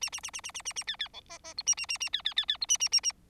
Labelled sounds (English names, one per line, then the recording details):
Bengalese Finch song
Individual Bird4